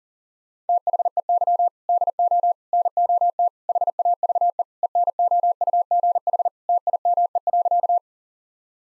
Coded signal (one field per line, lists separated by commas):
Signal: Morse code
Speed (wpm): 40 wpm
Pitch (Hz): 700 Hz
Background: none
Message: THEY DO NOT HAVE ENOUGH TIME.